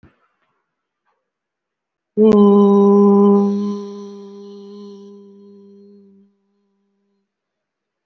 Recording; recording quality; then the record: sustained vowel as in boot; excellent, no background noise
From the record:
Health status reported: respiratory illness, not identified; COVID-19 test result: not tested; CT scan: not taken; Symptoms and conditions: fatigue, another respiratory illness, another condition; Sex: male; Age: 65 years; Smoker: no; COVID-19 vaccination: none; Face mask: worn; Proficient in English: no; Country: India